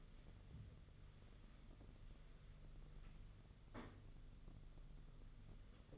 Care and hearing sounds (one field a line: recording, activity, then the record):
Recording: daily activity, microphone in the room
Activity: wipe stove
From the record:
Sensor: 4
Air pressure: 995.3 hPa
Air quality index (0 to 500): 214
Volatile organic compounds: 244 ppm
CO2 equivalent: 4346 ppm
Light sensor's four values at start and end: 24/75/28/31 and 24/75/28/31